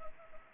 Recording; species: mosquito wingbeat signal from an infrared sensor; Anopheles gambiae